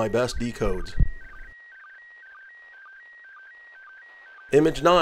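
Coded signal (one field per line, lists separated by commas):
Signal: SSTV (slow-scan television)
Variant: PD 120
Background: speech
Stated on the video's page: SSTV images transmitted from the International Space Station, received at a home station in Arizona.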